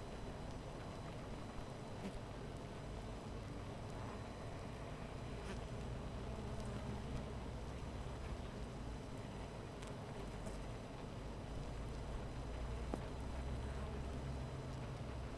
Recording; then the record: honeybee colony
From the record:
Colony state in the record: missing queen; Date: 14 July 2017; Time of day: 13:40